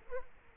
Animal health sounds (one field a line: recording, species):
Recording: mosquito wingbeat signal from an infrared sensor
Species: Aedes aegypti